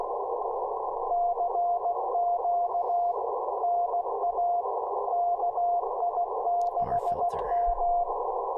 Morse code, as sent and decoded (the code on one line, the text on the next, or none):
-.-. --.- / -. .- / -.- .. -.... --
CQ NA KI6M